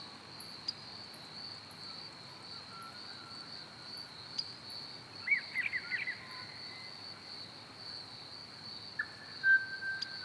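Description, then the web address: Pied butcherbird song: a quick cluster of bright notes midway, then a long, clear, level whistle near the end, over a steady high insect drone and rhythmic clicking. Recorded at Ormiston Gorge. "andrewskeoch. Pied Butcherbird Ormiston"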